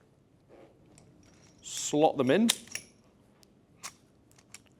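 Someone talks while a moon clip of shells is slotted into the swing-out cylinder of a metal ARES S&W 686 CO2 airsoft revolver, with light metallic ticks and taps of handling around the speech. The cylinder is not swung shut: nothing has seated or clicked into the frame yet.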